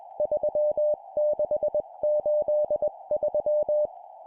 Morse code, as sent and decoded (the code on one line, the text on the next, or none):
...-- -.... ---.. ...--
3683